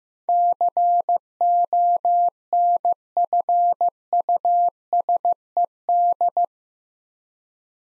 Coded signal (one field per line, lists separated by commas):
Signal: Morse code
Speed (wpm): 15 wpm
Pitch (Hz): 700 Hz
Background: none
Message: CONFUSED